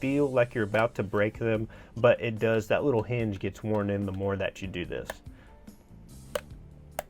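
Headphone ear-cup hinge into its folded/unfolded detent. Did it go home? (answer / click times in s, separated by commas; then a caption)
yes / 6.3 s, 7.0 s. Someone talks as the plastic hinge of Beats Studio 3 over-ear headphones from DHgate is folded or unfolded. The ear-cup hinge catches and snaps into its detent with sharp little clicks at 6.3 s and 7.0 s. The hinge is seated.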